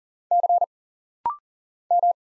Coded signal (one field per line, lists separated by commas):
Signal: Morse code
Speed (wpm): 43 wpm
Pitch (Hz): 700 Hz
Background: none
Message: C M